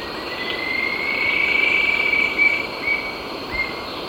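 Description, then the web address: Coppery-chested jacamar giving a long, thin, high whistle that rises slightly, followed by shorter upslurred notes, over a steady insect drone. Ecuador. "Natures Songs S America Birds of Ecuador 53 Coppery-chested Jacamar"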